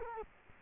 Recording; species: mosquito wingbeat signal from an infrared sensor; Culex quinquefasciatus